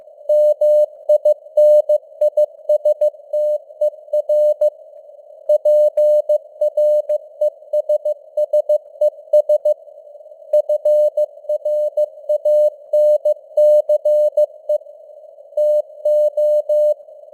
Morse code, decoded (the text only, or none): MINISTER PRESSES FRANCE TO